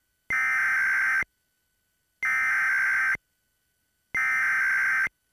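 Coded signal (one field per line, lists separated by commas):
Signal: Emergency Alert System (SAME) tones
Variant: header bursts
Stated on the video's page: Two monthly EAS tests running at once, a real alert.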